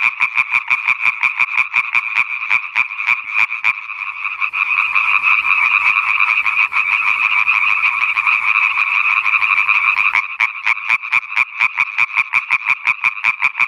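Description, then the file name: Italian tree frog giving rapid rattling croaks in quick succession; midway the notes blur into a loud continuous chorus, then separate pulses return near the end. "Raganella (Hyla intermedia)"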